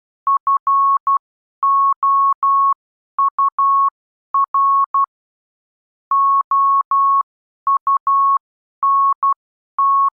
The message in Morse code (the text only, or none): FOUR OUNT